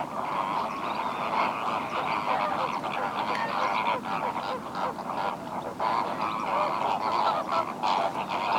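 Flamingos in a flock keep up a continuous gabbling of nasal, goose-like honks, many birds calling over one another in a busy, uneven chorus.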